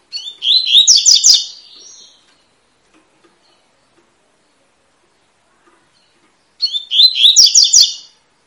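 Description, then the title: Double-collared seedeater song: two fast twittering phrases of buzzy, slurred notes, several seconds apart, with silence between. Tui-tui song style, fibra, of a bird used as a song teacher ('professor') for young birds. "COLEIRO TUI TUI FIBRA"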